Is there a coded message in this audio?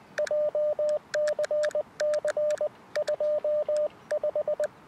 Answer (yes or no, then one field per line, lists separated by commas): yes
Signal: Morse code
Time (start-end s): 0.2-4.7 s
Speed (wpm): 20 wpm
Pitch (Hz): 600 Hz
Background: radio noise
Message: JCC25